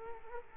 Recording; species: mosquito wingbeat signal from an infrared sensor; Culex quinquefasciatus